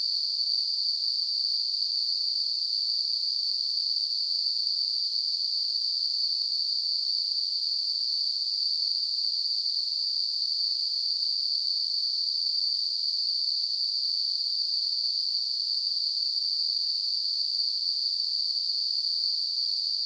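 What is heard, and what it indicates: A steady, unbroken high-pitched hiss, a narrow band of noise around 4 to 5 kHz with a faint higher whistle, holds unchanged for twenty seconds. It is a simulation of how hissing tinnitus can sound to the sufferer.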